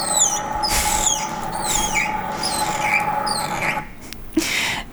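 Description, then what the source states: Damaraland mole-rat calls: a series of thin, high descending chirps with a few noisy bursts, over a steady hum that stops near the end. Eusocial mole-rat species; sounds a bit different from naked mole-rats.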